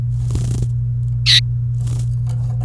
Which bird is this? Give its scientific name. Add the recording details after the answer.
Serinus canaria. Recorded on 28 April 2018 at 12:20. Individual llb3